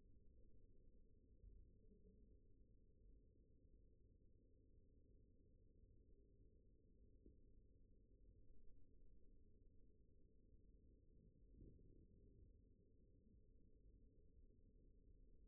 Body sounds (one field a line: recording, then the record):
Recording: forearm muscle sounds (acoustic myography)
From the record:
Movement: rest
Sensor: system 1, eight BSWA MPA416 microphones around the upper forearm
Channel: 7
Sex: male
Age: 42 years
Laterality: right